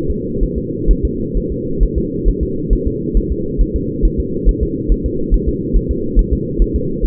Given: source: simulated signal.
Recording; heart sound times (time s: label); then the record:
fetal heart sounds
0.10 s: S2
0.43 s: S1
0.58 s: S2
0.91 s: S1
1.05 s: S2
1.37 s: S1
1.52 s: S2
1.83 s: S1
1.98 s: S2
2.28 s: S1
2.43 s: S2
2.73 s: S1
2.87 s: S2
3.17 s: S1
3.32 s: S2
3.61 s: S1
3.76 s: S2
4.05 s: S1
4.20 s: S2
4.49 s: S1
4.63 s: S2
4.92 s: S1
5.06 s: S2
5.34 s: S1
5.49 s: S2
5.77 s: S1
5.91 s: S2
6.19 s: S1
6.33 s: S2
6.62 s: S1
6.76 s: S2
7.05 s: S1
From the record:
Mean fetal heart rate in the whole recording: 135 bpm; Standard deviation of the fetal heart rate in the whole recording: 3 bpm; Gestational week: 36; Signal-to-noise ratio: -6.6 dB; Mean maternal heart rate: 72 bpm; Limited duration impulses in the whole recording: present